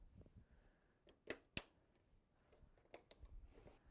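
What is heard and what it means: A plastic cradle section for the TFT panel is pressed down into an LG LCD TV chassis, with a few soft clicks and taps around it at 1.1 s and 1.3 s and again near 2.9 s and 3.1 s. The loudest, sharpest snap comes at 1.6 s as the cradle seats in place.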